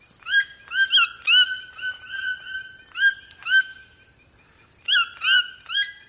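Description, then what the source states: Cuvier's toucan giving a series of loud harmonic yelps, each rising then level, in irregular bursts over a steady high insect hum. Piercing, cheerful yelp.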